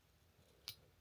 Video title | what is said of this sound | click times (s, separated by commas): Detroit Diesel MCM/ACM Module Harness Repair kits #freightliner | till you hear it click. | 0.7 s